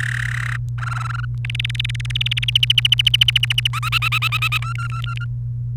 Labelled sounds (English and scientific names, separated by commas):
Domestic Canary (Serinus canaria) song